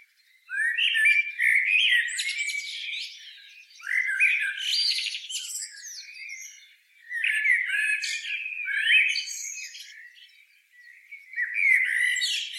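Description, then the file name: Common blackbird producing repeated bouts of harsh, buzzy squawks and high squeaks, four loud phrases separated by short quieter spells. "Turdus merula"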